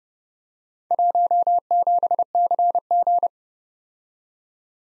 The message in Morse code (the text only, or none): 17CG